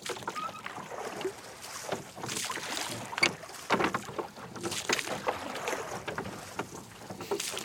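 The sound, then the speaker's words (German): Oars dip and pull through water in a steady rowing rhythm as a rowboat is rowed, each stroke a splashy swish, with a soft wash of wind and lapping water underneath. No one speaks. “Aber hören Sie doch mal auf zu rudern.”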